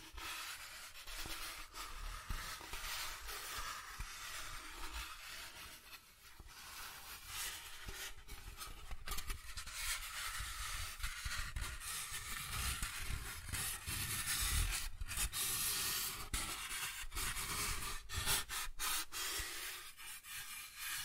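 Soft tracing and rubbing across a surface, a continuous dry scratchy hiss that swells and eases with each stroke. The texture shifts between smoother and rougher passages, with brief pauses and gaps scattered throughout, and a low rumble underneath.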